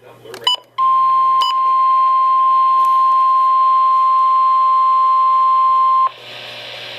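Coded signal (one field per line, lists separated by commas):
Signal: Emergency Alert System (SAME) tones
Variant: 1050 Hz attention tone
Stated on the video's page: Severe thunderstorm warning received from a NOAA Weather Radio station in Milwaukee, Wisconsin.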